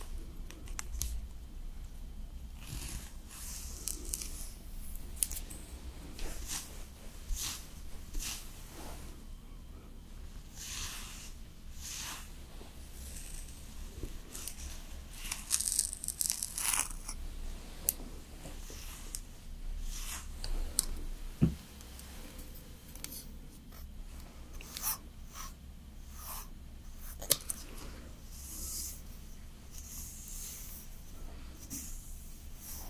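Slow makeup application: soft brushing and crisp rustling strokes come every second or two over a steady low hum, with occasional sharper taps.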